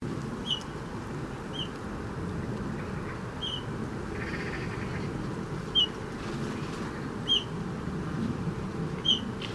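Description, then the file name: Eurasian bullfinch giving soft, short piping whistled notes, single calls spaced one to two seconds apart, over a steady low rumble. "Pyrrhula pyrrhula"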